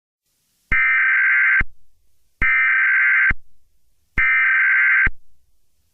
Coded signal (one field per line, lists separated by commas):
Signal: Emergency Alert System (SAME) tones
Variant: header bursts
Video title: Northwest Arkansas Morning Nightmare - An EAS Scenario